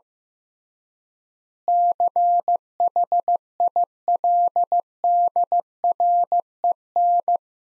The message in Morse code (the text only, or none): CHILDREN